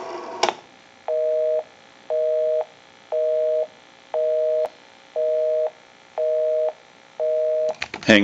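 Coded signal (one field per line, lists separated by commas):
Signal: telephone call progress tone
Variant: North America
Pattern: busy tone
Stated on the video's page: Heard on a Western Electric 554 rotary wall telephone during checkout and repair.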